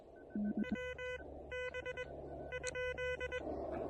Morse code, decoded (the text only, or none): WB ?